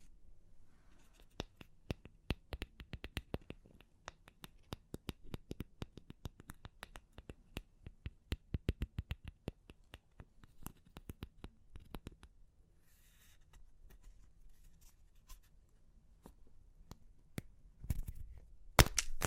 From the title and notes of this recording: Super Crunchy Clay Cracking (No Talking).